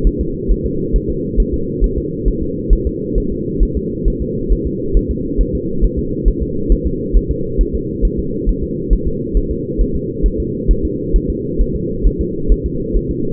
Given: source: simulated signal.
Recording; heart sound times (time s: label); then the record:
fetal heart sounds
0.07 s: S1
0.21 s: S2
0.52 s: S1
0.66 s: S2
0.96 s: S1
1.10 s: S2
1.40 s: S1
1.54 s: S2
1.84 s: S1
1.98 s: S2
2.28 s: S1
2.42 s: S2
2.73 s: S1
2.87 s: S2
3.18 s: S1
3.32 s: S2
3.63 s: S1
3.77 s: S2
4.08 s: S1
4.22 s: S2
4.52 s: S1
4.67 s: S2
4.97 s: S1
5.11 s: S2
5.41 s: S1
5.55 s: S2
5.84 s: S1
5.99 s: S2
6.28 s: S1
6.42 s: S2
6.72 s: S1
6.87 s: S2
7.16 s: S1
7.31 s: S2
7.61 s: S1
7.75 s: S2
8.05 s: S1
8.19 s: S2
8.49 s: S1
8.63 s: S2
8.93 s: S1
9.07 s: S2
9.37 s: S1
9.51 s: S2
9.81 s: S1
9.96 s: S2
10.26 s: S1
10.40 s: S2
10.71 s: S1
10.85 s: S2
11.16 s: S1
11.30 s: S2
11.61 s: S1
11.76 s: S2
12.07 s: S1
12.21 s: S2
12.52 s: S1
12.66 s: S2
12.97 s: S1
13.11 s: S2
From the record:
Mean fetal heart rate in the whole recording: 135 bpm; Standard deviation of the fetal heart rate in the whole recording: 3 bpm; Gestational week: 36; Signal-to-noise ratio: -6.6 dB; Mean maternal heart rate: 72 bpm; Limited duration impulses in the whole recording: present